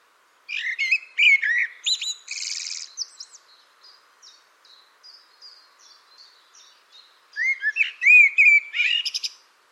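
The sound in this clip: Bird song: an opening flurry of chirps and a harsh buzzy note, soft high ticking in between, then a closing whistled phrase.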